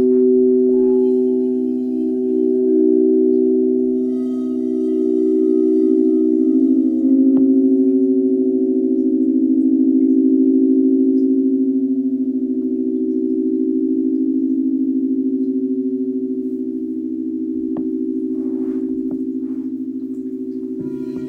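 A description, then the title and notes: Singing bowls ring in a sustained, layered drone, with two strong low-mid tones that beat and waver slowly against each other for the full length. The level stays nearly constant, and a few soft taps or clicks appear around seven and eighteen seconds. This meditation focuses on 16 C bowl, several F bowls and Rose Quartz bowls.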